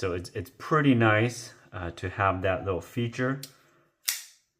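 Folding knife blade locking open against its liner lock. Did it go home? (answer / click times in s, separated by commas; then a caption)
yes / 4.1 s. A person talks about a budget Ozark Trail folding knife with a three and a quarter inch stainless steel blade, liner lock, and spring-assisted opening. After a short pause, the blade is flicked open and snaps into place with a sharp, bright click at 4.1 seconds, as the liner lock engages and locks the blade open.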